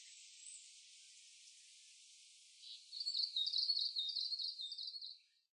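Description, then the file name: Japanese leaf warbler song: a fast, high, rhythmic chattering phrase of repeated notes lasting about two seconds, after faint steady high background hiss. Recorded at Mt Hayachine, Japan, on 31 May 2010. "meboso 100531 hayachine mikami"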